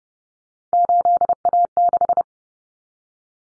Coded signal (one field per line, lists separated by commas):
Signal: Morse code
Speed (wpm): 30 wpm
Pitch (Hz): 700 Hz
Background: none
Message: 8A6